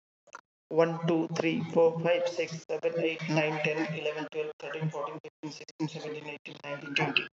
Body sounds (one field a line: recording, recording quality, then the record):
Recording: counting at a fast pace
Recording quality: excellent, no background noise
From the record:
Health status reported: healthy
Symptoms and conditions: none ticked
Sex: male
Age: 30 years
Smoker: yes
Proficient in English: yes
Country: India